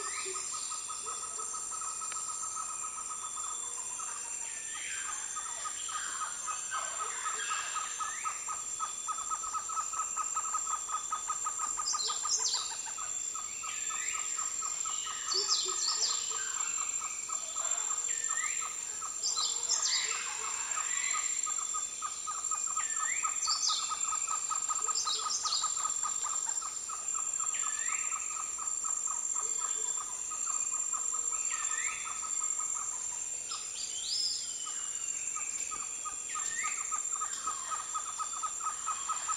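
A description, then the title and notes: A loud, harsh insect chorus fills the rainforest at dawn, with steady high buzzing bands and a rapid pulsing drone underneath. Many birds call over it throughout, with quick chirps, whistles and rising notes scattered densely across the whole clip. Dawn in the rainforest. The insect chorus is harsh and loud, unsettling at times.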